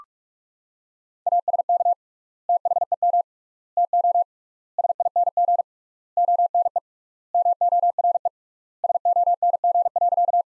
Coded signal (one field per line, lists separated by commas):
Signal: Morse code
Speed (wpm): 47 wpm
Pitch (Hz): 700 Hz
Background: none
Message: ASK THEM TO SING ONE MORE SONG.